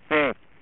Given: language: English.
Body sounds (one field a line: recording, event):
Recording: throat vibration sensor signal played as sound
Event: speech